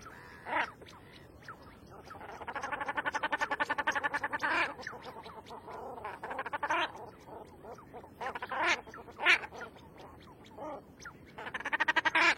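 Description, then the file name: Common shelduck calls: a long, fast rattling run of nasal quacks, scattered single harsh notes, then another rapid chattering burst at the end. "Canto da tadorna comum"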